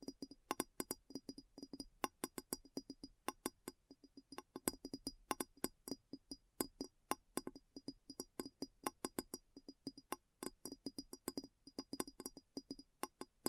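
Quick, crisp tapping runs for the whole recording, several taps each second in loose, uneven bursts with brief pauses. Each tap is a sharp click with a bright, slightly glassy ring and a soft low knock beneath, over an otherwise quiet background.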